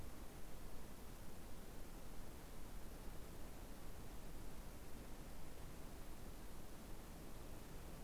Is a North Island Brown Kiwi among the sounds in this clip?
no